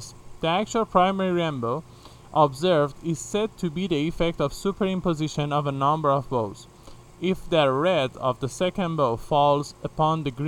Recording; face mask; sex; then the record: reading aloud; none; male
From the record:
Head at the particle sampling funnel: facing it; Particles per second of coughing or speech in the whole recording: 2.9